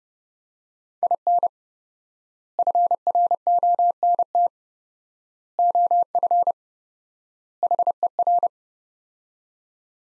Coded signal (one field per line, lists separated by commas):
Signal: Morse code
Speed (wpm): 30 wpm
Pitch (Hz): 700 Hz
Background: none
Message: IN FRONT OF HER